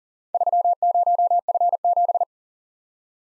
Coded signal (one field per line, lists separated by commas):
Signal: Morse code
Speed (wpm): 39 wpm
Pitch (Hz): 700 Hz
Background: none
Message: 30F7